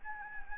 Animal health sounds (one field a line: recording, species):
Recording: mosquito wingbeat signal from an infrared sensor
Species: Anopheles gambiae